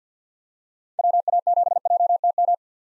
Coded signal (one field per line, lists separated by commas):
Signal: Morse code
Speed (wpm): 50 wpm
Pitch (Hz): 700 Hz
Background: none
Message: WA7JTM